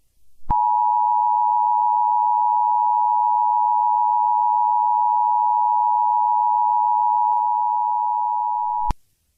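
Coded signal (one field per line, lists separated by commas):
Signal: Emergency Alert System (SAME) tones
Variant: 853 and 960 Hz attention tone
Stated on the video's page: Morse code at the start of a fictional EAS mock scenario.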